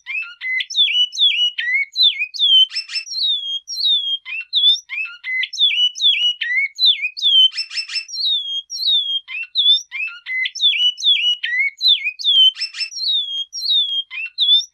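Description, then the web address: Great-billed seed finch song: clear, sweet whistled notes sliding downward, with a brief buzzy rattle, the phrase sequence repeating about every five seconds against a silent background. Mineirinho song type. "bicudario cantos mineirinho"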